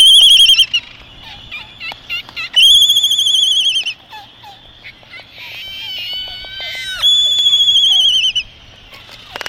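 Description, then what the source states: Laysan albatrosses giving loud, harmonic whistled calls that hold steady then bend, interspersed with sharp clacking clicks. Several Laysan albatrosses.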